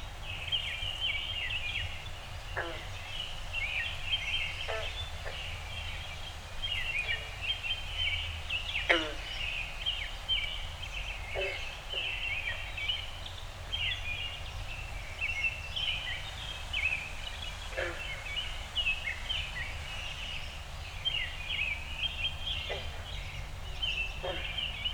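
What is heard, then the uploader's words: A dense backyard dawn chorus of birds chirps steadily, with sharp downward calls every few seconds over a constant low rumble. Dawn Recording in My Backyard. As always, the Zoom F6 and Audio Technica BP 4025 microphone performed flawlessly. I am very fortunate to live on a small inland lake in northern Michigan.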